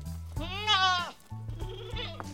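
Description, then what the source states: Goat bleating, one strong quavering bleat that rises and falls, then a softer shorter bleat, over a steady low mechanical hum. Male goats in Manitou Springs, greeted in the morning at the barn; Shankar is described as the noisiest of the herd.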